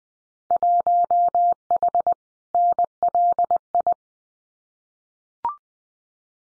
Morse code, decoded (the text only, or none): 1H NLI